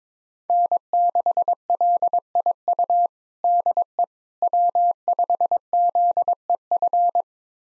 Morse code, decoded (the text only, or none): N6LIU DE W5ZEF